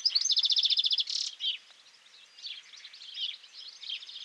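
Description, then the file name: European goldfinch song: a bright, rapid buzzy trill for about a second, then softer tinkling twitters continuing to the end. "Carduelis carduelis"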